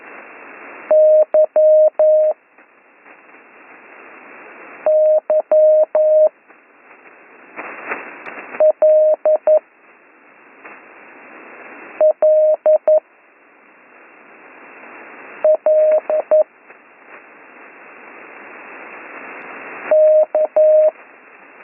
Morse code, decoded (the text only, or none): Y Y L L L K